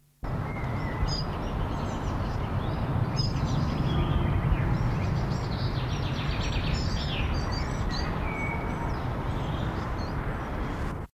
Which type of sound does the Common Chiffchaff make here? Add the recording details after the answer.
call. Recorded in the wild. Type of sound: call. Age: subadult. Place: Cannanore, Kerala, IN. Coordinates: 11.87, 75.36. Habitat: Wald. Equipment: Halbspur, 9,5 cm/s. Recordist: Lütgens, Hans. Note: Flügge